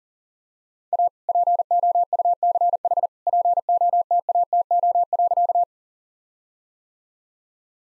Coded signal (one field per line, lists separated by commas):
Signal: Morse code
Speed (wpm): 40 wpm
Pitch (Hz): 700 Hz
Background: none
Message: A POUCH POTATO.